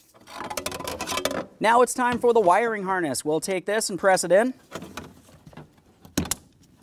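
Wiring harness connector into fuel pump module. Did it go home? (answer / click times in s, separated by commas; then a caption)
yes / 6.2 s, 6.3 s. A plastic wiring harness connector is pressed onto a fuel pump module while someone talks. Handling rattles come first, and after the talk two sharp clicks sound at 6.2 s and 6.3 s as the connector seats.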